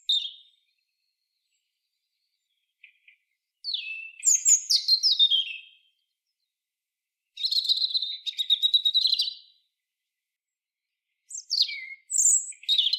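European robin song: several high, tinkling, varied phrases of trills and sliding whistles separated by silent pauses, with no other sounds.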